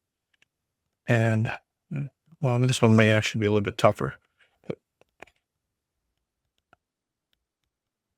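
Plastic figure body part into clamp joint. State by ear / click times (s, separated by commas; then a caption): seated / 6.7 s, 7.3 s. Someone talks as a 3D-printed plastic body part of an action figure is pressed into its plastic clamp joint, with a few faint handling clicks after the talking stops. The part snaps into place with clicks at 6.7 s and 7.3 s, and the joint is seated.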